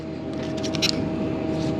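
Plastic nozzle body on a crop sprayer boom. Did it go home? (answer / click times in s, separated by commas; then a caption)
no / none. A plastic nozzle body on a crop sprayer boom is turned by hand over a steady low mechanical hum, with a few short bright ticks and scrapes near 0.8 to 0.9 s. The nozzle fails to click into position: nothing has seated or clicked.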